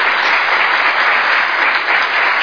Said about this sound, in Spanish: usted se merece un aplauso. Y qué mejor poder darle ese aplauso con nuestros amigos y amigas oyentes que están en los 940 amplitud modulada de Radio Casa de la Cultura Ecuatoriana.